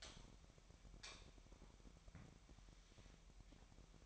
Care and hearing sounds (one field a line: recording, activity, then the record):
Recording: daily activity, microphone in the room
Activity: light on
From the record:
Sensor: 1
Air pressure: 1012.0 hPa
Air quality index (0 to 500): 237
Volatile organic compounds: 6 ppm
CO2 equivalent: 1891 ppm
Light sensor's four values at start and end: 12/29/12/14 and 15/43/17/18